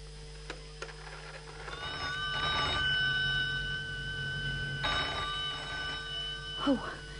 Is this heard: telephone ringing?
yes